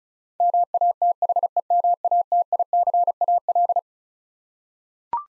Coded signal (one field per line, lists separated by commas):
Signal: Morse code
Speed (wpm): 36 wpm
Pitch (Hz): 700 Hz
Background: none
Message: MATHEMATICAL